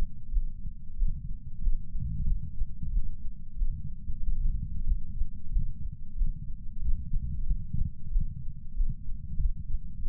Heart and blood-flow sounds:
heart sounds by patch sensor on the chest; 93 bpm
0.31 s: heartbeat
0.96 s: heartbeat
1.61 s: heartbeat
2.25 s: heartbeat
2.91 s: heartbeat
3.56 s: heartbeat
4.20 s: heartbeat
4.84 s: heartbeat
5.51 s: heartbeat
6.16 s: heartbeat
6.80 s: heartbeat
7.44 s: heartbeat
8.10 s: heartbeat
8.74 s: heartbeat
9.38 s: heartbeat
10.02 s: heartbeat
From the record:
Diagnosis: coronary artery disease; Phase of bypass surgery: postoperative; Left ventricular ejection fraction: 63.7%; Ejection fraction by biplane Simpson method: 59.4%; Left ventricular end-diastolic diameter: 49 mm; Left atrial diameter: 35 mm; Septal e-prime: 7.3 cm/s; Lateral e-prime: 9.8 cm/s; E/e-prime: 7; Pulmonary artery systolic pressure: 20 mmHg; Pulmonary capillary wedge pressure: 4 mmHg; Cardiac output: 5.4 L/min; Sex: male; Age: 69 years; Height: 174 cm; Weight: 79 kg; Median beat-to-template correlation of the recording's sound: 0.69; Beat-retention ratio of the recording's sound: 1.00

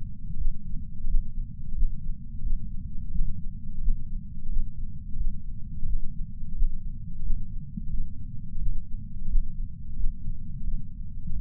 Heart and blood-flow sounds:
heart sounds by patch sensor on the chest; 88 bpm
0.37 s: heartbeat
1.07 s: heartbeat
1.75 s: heartbeat
2.42 s: heartbeat
3.11 s: heartbeat
3.81 s: heartbeat
4.49 s: heartbeat
5.16 s: heartbeat
5.85 s: heartbeat
6.55 s: heartbeat
7.23 s: heartbeat
7.89 s: heartbeat
8.58 s: heartbeat
9.28 s: heartbeat
9.96 s: heartbeat
10.63 s: heartbeat
11.32 s: heartbeat
From the record:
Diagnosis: coronary artery disease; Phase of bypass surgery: postoperative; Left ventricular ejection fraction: 66.5%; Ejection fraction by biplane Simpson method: 64.8%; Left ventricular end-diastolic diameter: 39 mm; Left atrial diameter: 31 mm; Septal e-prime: 4.5 cm/s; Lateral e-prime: 6.6 cm/s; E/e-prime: 22.7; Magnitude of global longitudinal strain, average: 16.9%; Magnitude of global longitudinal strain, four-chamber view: 19.4%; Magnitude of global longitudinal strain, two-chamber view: 15.7%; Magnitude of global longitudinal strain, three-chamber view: 15.8%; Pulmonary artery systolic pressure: 26 mmHg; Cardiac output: 4.24 L/min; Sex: female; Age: 80 years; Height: 150 cm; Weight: 49 kg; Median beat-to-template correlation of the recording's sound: 0.73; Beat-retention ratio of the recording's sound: 1.00

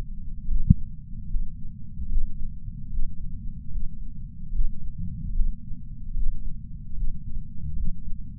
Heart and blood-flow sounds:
heart sounds by patch sensor on the chest; 74 bpm
0.49 s: heartbeat
1.29 s: heartbeat
2.10 s: heartbeat
2.91 s: heartbeat
3.71 s: heartbeat
4.53 s: heartbeat
5.34 s: heartbeat
6.15 s: heartbeat
6.97 s: heartbeat
7.76 s: heartbeat
From the record:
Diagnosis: coronary artery disease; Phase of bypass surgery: preoperative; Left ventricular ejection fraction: 63%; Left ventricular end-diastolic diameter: 47 mm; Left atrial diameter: 37 mm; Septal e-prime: 4.5 cm/s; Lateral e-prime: 7.1 cm/s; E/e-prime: 8.6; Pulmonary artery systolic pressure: 20 mmHg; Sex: male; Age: 77 years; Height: 160 cm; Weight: 79.5 kg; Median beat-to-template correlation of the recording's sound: 0.81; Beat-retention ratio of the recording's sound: 0.99

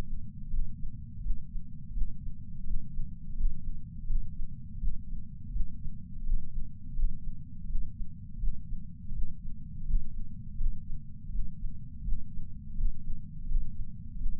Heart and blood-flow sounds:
heart sounds by patch sensor on the chest; 83 bpm
0.51 s: heartbeat
1.23 s: heartbeat
1.94 s: heartbeat
2.66 s: heartbeat
3.37 s: heartbeat
4.07 s: heartbeat
4.80 s: heartbeat
5.52 s: heartbeat
6.25 s: heartbeat
6.96 s: heartbeat
7.68 s: heartbeat
8.40 s: heartbeat
9.14 s: heartbeat
9.87 s: heartbeat
10.58 s: heartbeat
11.31 s: heartbeat
12.04 s: heartbeat
12.77 s: heartbeat
13.48 s: heartbeat
14.18 s: heartbeat
From the record:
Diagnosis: coronary artery disease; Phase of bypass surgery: preoperative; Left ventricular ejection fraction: 50.8%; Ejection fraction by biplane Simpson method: 50%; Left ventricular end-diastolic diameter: 50 mm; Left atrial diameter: 32 mm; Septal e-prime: 7.2 cm/s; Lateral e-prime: 9.1 cm/s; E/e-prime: 8.5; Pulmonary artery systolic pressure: 23 mmHg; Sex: male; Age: 65 years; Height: 170 cm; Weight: 65 kg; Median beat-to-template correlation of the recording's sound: 0.75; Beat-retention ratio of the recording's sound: 0.96

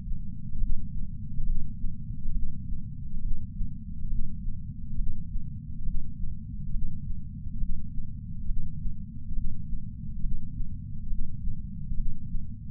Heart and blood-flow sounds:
heart sounds by patch sensor on the chest; 69 bpm
0.58 s: heartbeat
1.43 s: heartbeat
2.31 s: heartbeat
3.19 s: heartbeat
4.07 s: heartbeat
4.95 s: heartbeat
5.83 s: heartbeat
6.70 s: heartbeat
7.57 s: heartbeat
8.45 s: heartbeat
9.32 s: heartbeat
10.19 s: heartbeat
11.07 s: heartbeat
11.94 s: heartbeat
From the record:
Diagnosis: coronary artery disease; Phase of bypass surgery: postoperative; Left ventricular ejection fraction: 66.9%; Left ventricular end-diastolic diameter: 46 mm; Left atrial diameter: 29 mm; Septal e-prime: 7.1 cm/s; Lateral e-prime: 13.1 cm/s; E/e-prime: 6.9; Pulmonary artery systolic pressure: 30 mmHg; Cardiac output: 7.9 L/min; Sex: male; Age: 62 years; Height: 172 cm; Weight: 60 kg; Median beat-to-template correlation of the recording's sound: 0.92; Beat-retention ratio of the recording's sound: 1.00

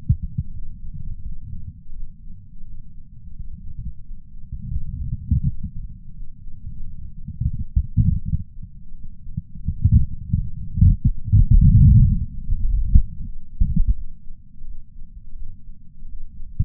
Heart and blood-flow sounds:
heart sounds by patch sensor on the chest; 85 bpm
0.51 s: heartbeat
1.22 s: heartbeat
1.93 s: heartbeat
2.63 s: heartbeat
3.33 s: heartbeat
4.03 s: heartbeat
4.74 s: heartbeat
5.43 s: heartbeat
6.13 s: heartbeat
6.84 s: heartbeat
7.54 s: heartbeat
8.24 s: heartbeat
8.94 s: heartbeat
9.65 s: heartbeat
10.36 s: heartbeat
11.08 s: heartbeat
11.80 s: heartbeat
12.50 s: heartbeat
13.21 s: heartbeat
13.93 s: heartbeat
14.64 s: heartbeat
15.35 s: heartbeat
16.06 s: heartbeat
From the record:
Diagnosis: coronary artery disease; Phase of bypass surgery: postoperative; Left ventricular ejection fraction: 60.1%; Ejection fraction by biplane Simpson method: 55.9%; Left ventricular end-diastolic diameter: 44 mm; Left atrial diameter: 30 mm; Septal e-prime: 4.8 cm/s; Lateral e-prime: 11.2 cm/s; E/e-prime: 10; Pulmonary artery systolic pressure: 23 mmHg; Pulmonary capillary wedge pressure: 10 mmHg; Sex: male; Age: 75 years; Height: 167 cm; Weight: 58 kg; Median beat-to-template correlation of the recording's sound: 0.77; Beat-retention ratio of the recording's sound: 1.00

